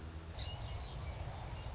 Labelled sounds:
Song Sparrow (Melospiza melodia)
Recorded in Sonoma County, California

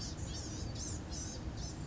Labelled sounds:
Blue-gray Gnatcatcher (Polioptila caerulea)
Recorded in Sonoma County, California

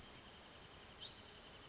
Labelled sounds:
Wrentit (Chamaea fasciata)
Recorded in Sonoma County, California

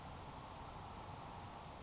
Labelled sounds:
Grasshopper Sparrow (Ammodramus savannarum)
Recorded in Sonoma County, California

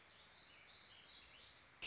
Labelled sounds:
Warbling Vireo (Vireo gilvus)
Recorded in Sonoma County, California

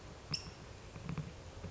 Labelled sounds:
California Towhee (Melozone crissalis)
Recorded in Sonoma County, California

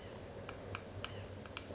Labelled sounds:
White-breasted Nuthatch (Sitta carolinensis)
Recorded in Sonoma County, California

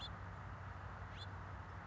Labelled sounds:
House Finch (Haemorhous mexicanus)
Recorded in Sonoma County, California

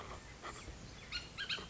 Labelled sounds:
Bullock's Oriole (Icterus bullockii)
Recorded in Sonoma County, California

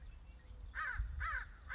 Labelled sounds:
American Crow (Corvus brachyrhynchos)
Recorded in Sonoma County, California

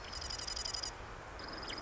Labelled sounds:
Marsh Wren (Cistothorus palustris)
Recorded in Sonoma County, California

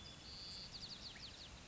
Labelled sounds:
White-crowned Sparrow (Zonotrichia leucophrys)
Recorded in Sonoma County, California

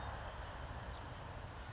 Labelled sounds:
California Towhee (Melozone crissalis)
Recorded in Sonoma County, California

